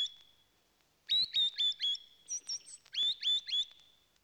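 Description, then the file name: Bird singing a rapid string of high, clear whistles with abrupt upslurs, starting after a second of near silence. "uccelli birds"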